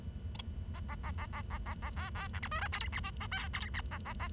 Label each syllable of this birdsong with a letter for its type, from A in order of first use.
A A A A A A A A B B C D E F G H I J K G H A A A